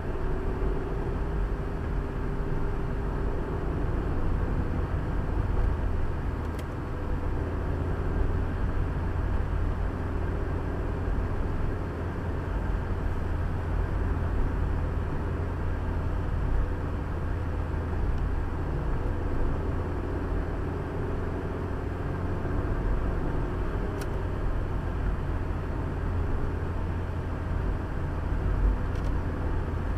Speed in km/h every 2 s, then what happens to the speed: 45, 45, 49, 48, 49, 50, 50, 48, 47, 48, 52, 52, 49, 46, 45.
0-20 steady at about 48. 20-30 slows to 45.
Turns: none.